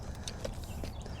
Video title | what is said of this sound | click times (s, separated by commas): Yakima Skyrise HD Rooftop Tent Setup/Breakdown Walkthrough - Ford Maverick Overland Build | so we'll drop this tent the rest of the way down until that tab locks into the channel | 0.3 s